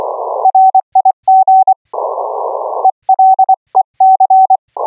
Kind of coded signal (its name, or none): Morse code